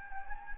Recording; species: mosquito wingbeat signal from an infrared sensor; Anopheles gambiae